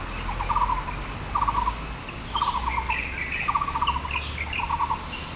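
Bird calling with quick stuttering trills about once a second, and higher chirping notes in the background over steady noise.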